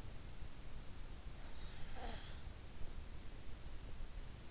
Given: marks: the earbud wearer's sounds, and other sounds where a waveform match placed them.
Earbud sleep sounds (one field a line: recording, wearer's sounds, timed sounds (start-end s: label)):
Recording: sounds in sleep by an in-ear microphone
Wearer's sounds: snoring breath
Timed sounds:
1.69-3.17 s: snoring breath